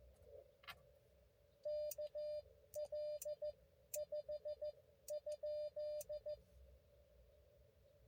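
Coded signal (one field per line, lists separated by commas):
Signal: Morse code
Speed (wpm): 14 wpm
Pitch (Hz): 590 Hz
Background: none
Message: KL5?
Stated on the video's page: Multi-day, multi-park POTA activation run across five parks.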